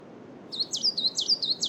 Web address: Justsoundeffects - Forest Ambiences BIRDSong Spring Noon Coniferous Forest Coal Tit Wind